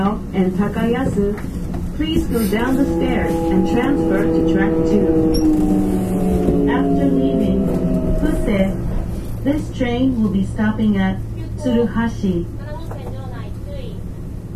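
Aboard an express train on the Nara Line, a voice talks almost continuously over a steady low rumble. From about 2 to 8 seconds a group of whining tones glides slowly downward in pitch, and a low steady hum carries on through the rest.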